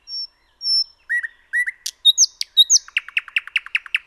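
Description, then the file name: Common nightingale singing: two long pure whistles, then lower slurred notes and a fast, pulsing series of repeated chirps. "Luscinia megarhynchos 180914"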